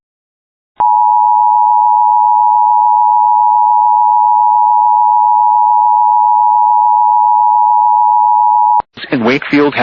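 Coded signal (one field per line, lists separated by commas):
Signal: Emergency Alert System (SAME) tones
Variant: 853 and 960 Hz attention tone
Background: speech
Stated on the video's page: EAS alerts received on a WR300 weather radio.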